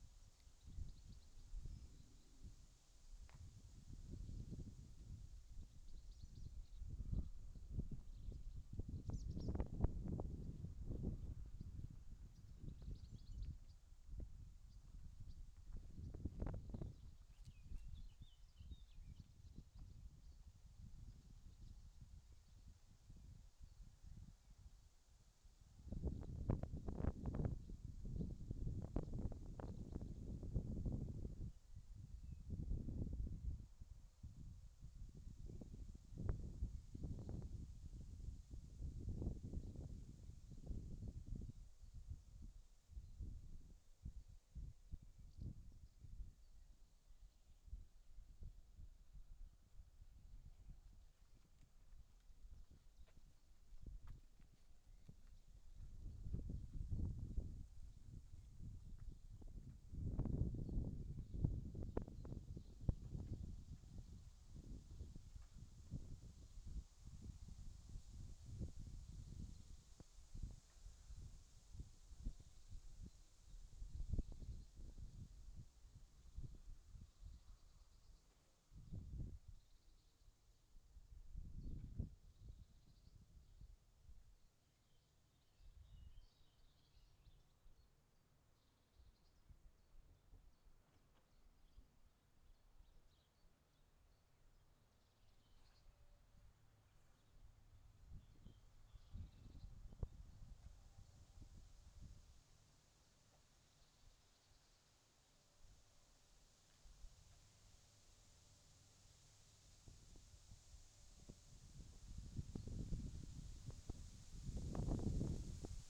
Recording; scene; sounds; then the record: everyday scene through a hearing-aid microphone; wind on the microphone; wind, other noises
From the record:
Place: in front of a rural house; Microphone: in the ear canal, left